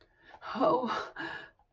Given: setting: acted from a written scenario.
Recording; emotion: vocal sound without words; fear